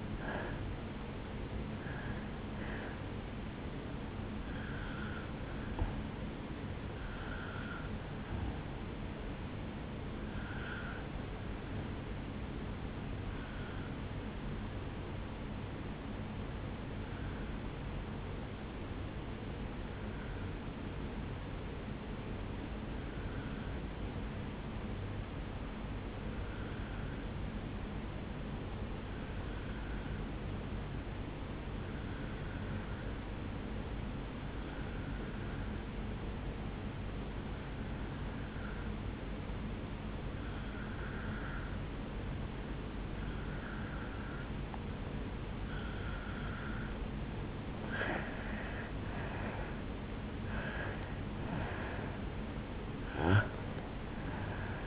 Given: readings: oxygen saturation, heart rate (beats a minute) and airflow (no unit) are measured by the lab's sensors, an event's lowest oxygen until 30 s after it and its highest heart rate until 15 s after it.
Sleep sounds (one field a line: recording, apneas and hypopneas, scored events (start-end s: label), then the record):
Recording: breathing in sleep by a voice recorder at the bedside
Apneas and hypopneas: 1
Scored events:
14.00-46.80 s: obstructive apnea (N2, oxygen 96% highest, then 85% lowest, heart rate 56 at the start, 74 highest)
42.00-54.87 s: new sleep stage, N1 (lightest sleep)
From the record:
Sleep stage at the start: N2 (light sleep)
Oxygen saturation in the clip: 85 to 96%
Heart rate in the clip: 56 to 74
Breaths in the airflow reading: 6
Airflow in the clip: -11.3 to 8.5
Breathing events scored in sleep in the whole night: 449 in 7.0 hours asleep